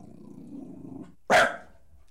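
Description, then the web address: Dog giving one abrupt, loud bark after a second of low rumbling growl. "The BBC Sound Effects Library - Complete 60 CDs Collection Sound Effects Library-38 (Horses # 2 and Dogs)"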